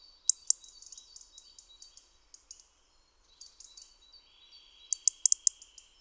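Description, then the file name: European robin with two strong opening notes, a train of softer high chirps, a lull, a few soft notes, then a closing burst of sharp notes. "Erithacus rubecula"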